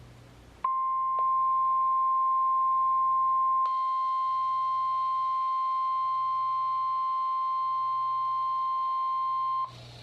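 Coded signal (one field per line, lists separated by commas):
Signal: Emergency Alert System (SAME) tones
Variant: 1050 Hz attention tone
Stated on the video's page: Marine warnings received on weather radios.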